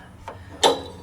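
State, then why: Seated. On a John Deere RX95 ride-on mower, the drive belt has been worked onto the transmission pulley and the spring-loaded idler arm is released so it snaps into place to tension the belt. A faint knock at 0.3 s precedes a sharp, bright snap at 0.6 s that rings briefly before fading into low background hum. The idler seats at 0.6 s and tensions the drive belt.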